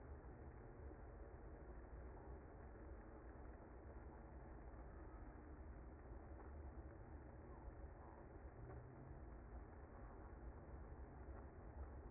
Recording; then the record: honeybee colony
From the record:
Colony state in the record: active